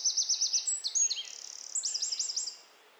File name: Troglodytes troglodytes